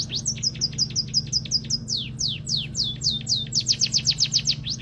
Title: Kicau Emprit Ngoceh Tak Kenal Lelah Untuk Masteran